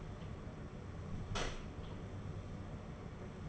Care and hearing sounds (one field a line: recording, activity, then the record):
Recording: daily activity, microphone in the room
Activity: close door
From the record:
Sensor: 4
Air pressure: 1016.0 hPa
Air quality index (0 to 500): 204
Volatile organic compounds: 12 ppm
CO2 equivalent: 2332 ppm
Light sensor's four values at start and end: 9/20/8/7 and 9/20/8/7